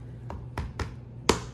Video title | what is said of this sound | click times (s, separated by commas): How to assemble Top Notch 6 cube Storage #diy #topnotch #organizer | And you're going to hear a click. | 1.3 s